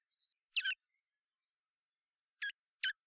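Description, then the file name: Common blackbird giving sharp, high clicking chips: one doubled note, then two quick notes near the end after a long silence. "Turdus merula"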